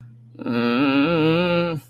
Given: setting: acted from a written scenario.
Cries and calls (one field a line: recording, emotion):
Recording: vocal sound without words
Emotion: embarrassment